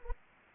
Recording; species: mosquito wingbeat signal from an infrared sensor; Anopheles arabiensis